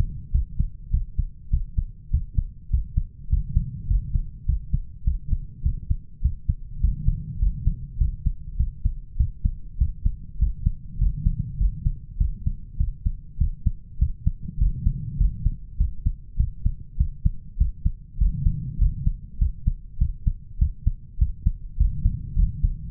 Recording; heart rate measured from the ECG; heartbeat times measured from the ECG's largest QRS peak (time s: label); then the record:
heart sounds by stethoscope; 101 bpm
0.33 s: heartbeat
0.93 s: heartbeat
1.52 s: heartbeat
2.12 s: heartbeat
2.72 s: heartbeat
3.31 s: heartbeat
3.89 s: heartbeat
4.48 s: heartbeat
5.06 s: heartbeat
5.65 s: heartbeat
6.23 s: heartbeat
6.82 s: heartbeat
7.41 s: heartbeat
8.00 s: heartbeat
8.59 s: heartbeat
9.19 s: heartbeat
9.80 s: heartbeat
10.41 s: heartbeat
11.01 s: heartbeat
11.60 s: heartbeat
12.20 s: heartbeat
12.79 s: heartbeat
13.40 s: heartbeat
14.01 s: heartbeat
14.60 s: heartbeat
15.20 s: heartbeat
15.80 s: heartbeat
16.39 s: heartbeat
16.99 s: heartbeat
17.60 s: heartbeat
18.20 s: heartbeat
18.80 s: heartbeat
19.41 s: heartbeat
20.00 s: heartbeat
20.60 s: heartbeat
21.20 s: heartbeat
21.79 s: heartbeat
22.38 s: heartbeat
From the record:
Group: healthy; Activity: cold pressor test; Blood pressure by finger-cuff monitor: 133/88 mmHg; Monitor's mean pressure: 104 mmHg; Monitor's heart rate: 100 bpm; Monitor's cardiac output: 7.5 L/min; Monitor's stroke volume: 74 mL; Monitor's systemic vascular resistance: 990 dyn s/cm5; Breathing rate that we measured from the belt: 16 breaths a minute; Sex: male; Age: 21 years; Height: 175 cm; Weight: 72.6 kg